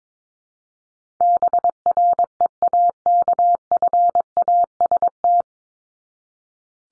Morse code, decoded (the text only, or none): BREAKFAST